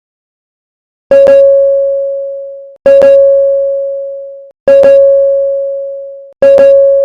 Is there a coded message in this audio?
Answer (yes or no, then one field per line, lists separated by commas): no